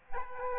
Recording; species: mosquito wingbeat signal from an infrared sensor; Aedes aegypti